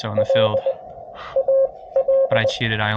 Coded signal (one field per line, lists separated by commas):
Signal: Morse code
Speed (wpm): 22 wpm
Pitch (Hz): 540 Hz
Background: speech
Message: L A L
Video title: A Straight Key, Bug and Paddle walk into a POTA